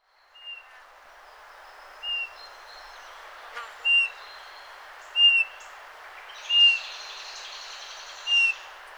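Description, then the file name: Eurasian bullfinch calls: soft, short, level piping whistles repeated every one to two seconds over a steady hiss, with faint higher chirps from other birds. "Pyrrhula pyrrhula"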